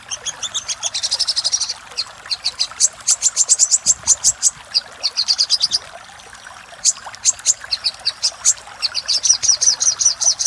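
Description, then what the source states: Little spiderhunter: dense trilled bursts among strings of piercing high chips, with short gaps in between. Master recording for training cage birds; labelled Labaik.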